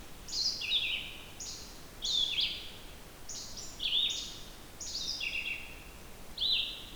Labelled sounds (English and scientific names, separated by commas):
Red-eyed Vireo (Vireo olivaceus) song